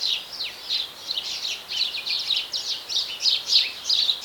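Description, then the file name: House sparrow calls: many short, sharp chirps in quick succession, uneven in loudness, above soft background noise. "Passer domesticus"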